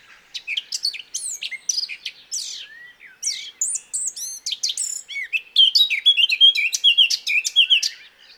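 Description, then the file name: Eurasian blackcap singing steadily throughout, a hurried run of crisp, varied high notes and twittering phrases that grows louder near the end. "Sylvia atricapilla"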